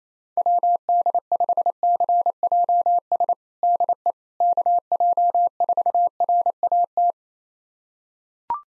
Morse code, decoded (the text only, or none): WD5CJS DE KJ4RAT